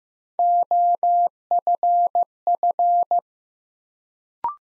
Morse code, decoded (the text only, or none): OFF